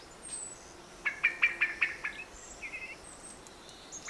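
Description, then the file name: Common blackbird giving a brisk run of sharp chink notes, with high thin whistles from other birds. "Turdus merula"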